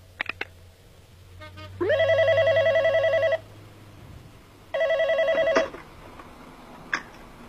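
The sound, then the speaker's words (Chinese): A telephone rings in two long, steady electronic bursts with a bright harmonic buzz, separated by a short pause, then a few faint clicks and line noise, on a surveillance recording of a call to the Taizigang Hotel. “5分钟以前，自称太子港行动指挥中心的电话又打进了酒店，这是监听录音，请听。”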